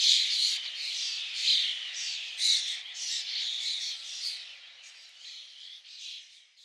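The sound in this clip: Bird producing a rapid, high-pitched chattering series of squeaky notes that gradually fades and softens toward the end.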